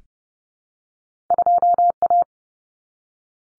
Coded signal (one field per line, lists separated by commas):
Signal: Morse code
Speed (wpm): 30 wpm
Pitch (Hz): 700 Hz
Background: none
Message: 2A